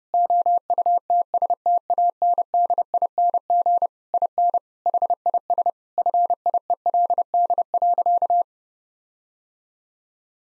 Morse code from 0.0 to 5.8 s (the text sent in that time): OUTSTANDING IN HIS